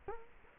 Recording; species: mosquito wingbeat signal from an infrared sensor; Culex quinquefasciatus